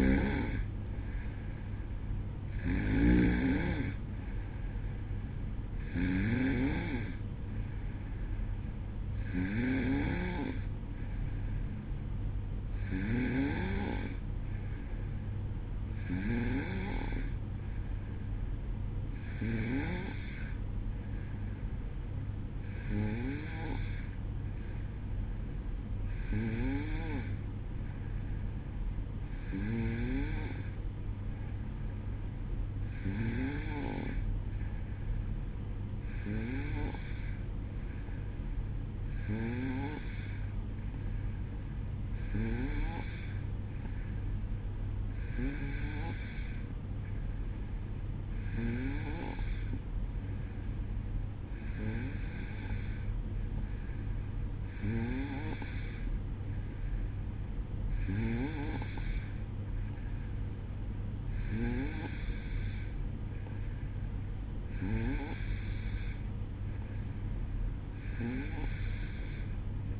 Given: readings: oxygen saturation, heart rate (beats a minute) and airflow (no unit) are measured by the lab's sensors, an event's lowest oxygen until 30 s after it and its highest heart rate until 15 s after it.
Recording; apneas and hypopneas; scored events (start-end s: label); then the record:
breathing in sleep by a smartphone at the bedside; 1
13.00-60.40 s: hypopnea (N2, oxygen 93% highest, then 91% lowest, heart rate 64 at the start, 65 highest)
From the record:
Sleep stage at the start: N2 (light sleep); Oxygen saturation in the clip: 91 to 93%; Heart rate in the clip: 62 to 65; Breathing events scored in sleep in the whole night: 305 in 9.6 hours asleep